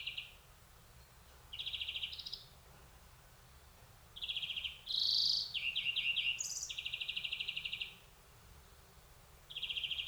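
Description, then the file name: European greenfinch in a varied series of short buzzy rattles and trills at shifting pitches, one brief wheezy note mid-way, with gaps of quiet between bursts. "Chloris chloris"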